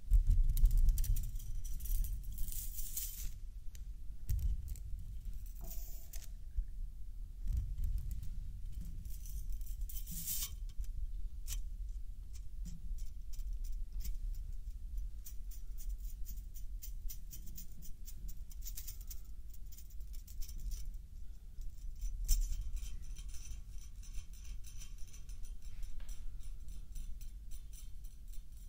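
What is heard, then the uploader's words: A metal toy is handled, making dense metallic clicks, scrapes and snaps, with louder bursts near the start, around ten seconds and twenty-two seconds. Nick found a metal toy and played with it in front of the camera, these are the sounds that he came up with.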